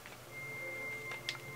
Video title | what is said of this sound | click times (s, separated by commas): Savi's Custom Lightsaber "Peace & Control" or "Power & Justice"? Galaxy's Edge lightsaber | there we go starting to glow lock into place | 1.3 s